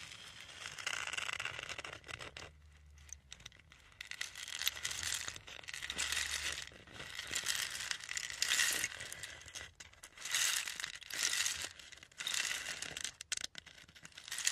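A rain stick pours out in long washes of bright, pattering rattle, each cascade swelling and fading over a few seconds. Short pauses break the flow near three seconds and again near thirteen, and a soft low rumble comes and goes underneath.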